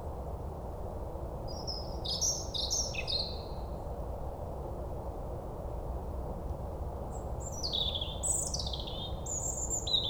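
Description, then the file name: European robin song: two bursts of thin, high, tumbling warbled phrases, near two and eight seconds, over a constant low rumbling background noise. "Erithacus rubecula"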